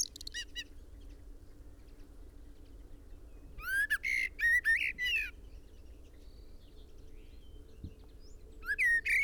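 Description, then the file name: Common blackbird giving brief clusters of high squeaky chirps, a longer run in the middle, over a steady low drone. "Turdus merula"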